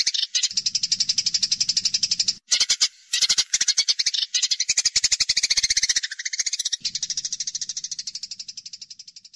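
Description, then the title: Eurasian tree sparrow uttering rapid, harsh chirps in dense bursts, mixed with some lower, falling notes and several abrupt short breaks. Tree sparrow chirping persistently in dense, rapid 'nyecret' chirps; masteran recording used to tutor songbirds. "Burung Gereja Gacor Nyecret Rapat !!! Masteran Burung Murai Batu Medan, Cucak Ijo Dll."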